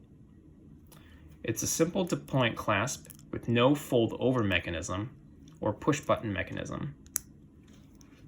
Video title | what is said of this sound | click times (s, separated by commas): GILT Dial 36mm Smiths Everest PRS 25 - Fancy Twist on a Classic | It can take a couple pushes to click into place, but when it does, it feels very secure. | 7.2 s